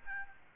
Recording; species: mosquito wingbeat signal from an infrared sensor; Aedes albopictus